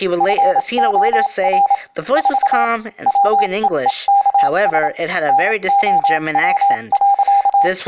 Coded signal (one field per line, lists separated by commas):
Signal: Morse code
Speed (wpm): 27 wpm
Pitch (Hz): 800 Hz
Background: speech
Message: FOR 4 WEEKS TOW.